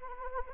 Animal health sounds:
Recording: mosquito wingbeat signal from an infrared sensor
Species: Anopheles arabiensis

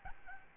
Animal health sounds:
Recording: mosquito wingbeat signal from an infrared sensor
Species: Aedes albopictus

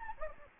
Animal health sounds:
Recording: mosquito wingbeat signal from an infrared sensor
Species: Anopheles gambiae

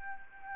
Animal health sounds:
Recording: mosquito wingbeat signal from an infrared sensor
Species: Anopheles arabiensis

